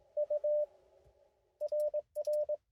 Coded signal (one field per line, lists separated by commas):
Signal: Morse code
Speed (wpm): 19 wpm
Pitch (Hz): 600 Hz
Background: radio noise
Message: U RR